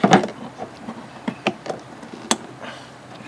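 A new windshield washer pump for an F-350 is pushed into its mount on the plastic washer fluid reservoir, which it fits only one way. Light handling knocks and scrapes come at about 0.1 s and again near 1.3 and 1.5 s. A sharp snap at 2.3 s marks the pump seating in place.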